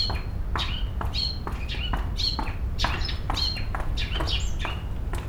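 Bird calls in quick succession: harsh clicky squawks mixed with high chirping notes, almost continuous, with deep background rumble throughout.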